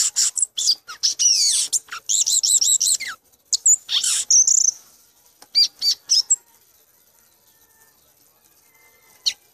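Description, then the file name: Violaceous euphonia song, a fast run of high chirps, buzzy notes and rapid repeated trills, in bursts for about six seconds, then mostly quiet with one late note. "gaturamo verdadeiro"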